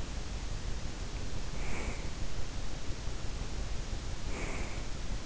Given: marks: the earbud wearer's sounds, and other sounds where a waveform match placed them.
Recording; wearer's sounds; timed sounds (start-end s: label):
sounds in sleep by an in-ear microphone; breath
1.48-2.23 s: breath
4.12-4.99 s: breath